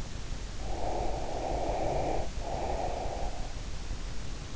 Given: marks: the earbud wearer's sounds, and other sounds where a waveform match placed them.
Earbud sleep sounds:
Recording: sounds in sleep by an in-ear microphone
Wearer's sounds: breath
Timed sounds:
0.55-3.14 s: breath

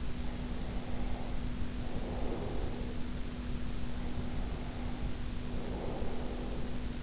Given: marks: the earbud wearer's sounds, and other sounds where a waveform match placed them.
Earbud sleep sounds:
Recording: sounds in sleep by an in-ear microphone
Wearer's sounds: breath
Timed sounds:
0.20-3.15 s: breath
3.78-7.02 s: breath

